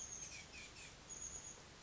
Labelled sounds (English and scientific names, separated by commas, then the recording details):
Chestnut-backed Chickadee (Poecile rufescens)
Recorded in Sonoma County, California